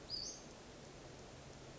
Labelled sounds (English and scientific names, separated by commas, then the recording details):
Western Flycatcher (Empidonax difficilis)
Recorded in Sonoma County, California